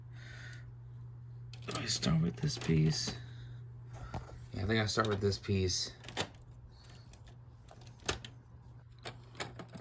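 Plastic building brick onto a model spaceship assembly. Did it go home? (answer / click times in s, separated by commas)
yes / 8.1 s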